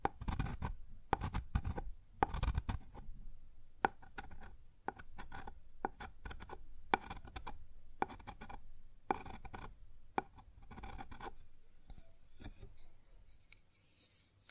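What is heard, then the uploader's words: Objects knock and scrape on a wooden surface. Sharp taps land about once a second, mixed with short bursts of rubbing and scratching. Between them are low thuds, and the activity thins out toward the end. ASMR Sounds on Wooden Surface (No Talking).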